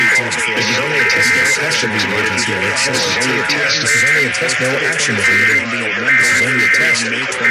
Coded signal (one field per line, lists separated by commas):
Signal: Emergency Alert System (SAME) tones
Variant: end-of-message bursts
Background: speech